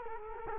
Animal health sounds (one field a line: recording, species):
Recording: mosquito wingbeat signal from an infrared sensor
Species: Culex quinquefasciatus